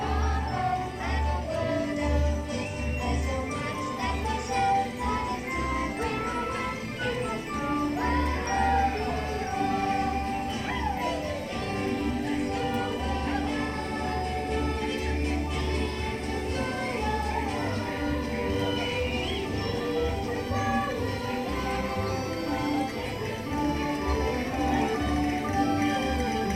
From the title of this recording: It's a Small World (Disneyland) Binaural Ride Along